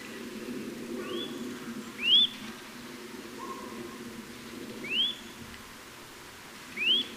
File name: Sitta europaea